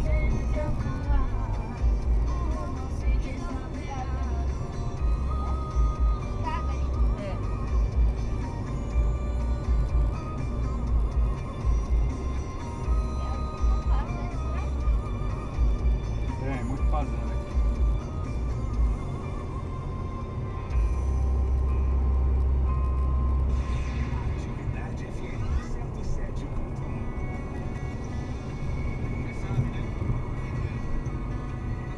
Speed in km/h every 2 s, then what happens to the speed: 131, 131, 131, 131, 131, 131, 131, 131, 131, 131, 131, 131, 131, 132, 124, 113.
0-27 steady at about 131. 27-32 brakes to 113.